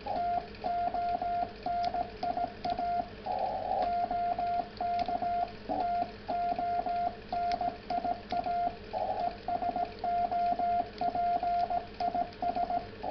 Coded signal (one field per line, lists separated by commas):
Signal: Morse code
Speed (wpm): 18 wpm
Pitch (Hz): 700 Hz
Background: radio noise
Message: TONIA OK TONIA ES OP IS